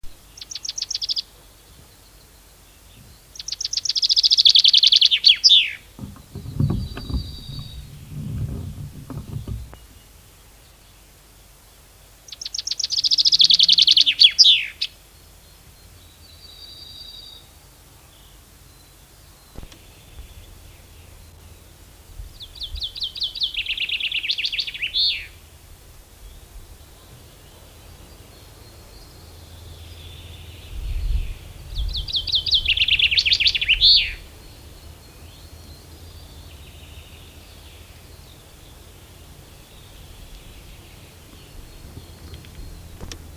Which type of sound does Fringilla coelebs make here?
song